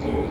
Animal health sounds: contact call of a hoofed animal; pig; closed-mouth grunt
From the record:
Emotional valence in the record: negative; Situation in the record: short social isolation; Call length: 0.30 s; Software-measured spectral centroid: 1280 Hz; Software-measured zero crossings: 930 a second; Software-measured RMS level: -25 dBFS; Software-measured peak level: -12 dBFS

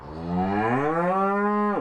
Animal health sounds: contact call of a hoofed animal; cattle; low-frequency (closed-mouth) or high-frequency (open-mouth) call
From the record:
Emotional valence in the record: negative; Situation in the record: separation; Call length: 1.81 s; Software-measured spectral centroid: 1010 Hz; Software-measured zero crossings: 1390 a second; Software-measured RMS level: -24 dBFS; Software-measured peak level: -11 dBFS

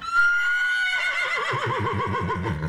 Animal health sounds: contact call of a hoofed animal; horse; whinny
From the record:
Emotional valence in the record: positive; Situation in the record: reunion with the whole group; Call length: 2.8 s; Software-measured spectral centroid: 2060 Hz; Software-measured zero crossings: 2520 a second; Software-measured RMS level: -24 dBFS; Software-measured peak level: -11 dBFS

